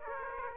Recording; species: mosquito wingbeat signal from an infrared sensor; Aedes aegypti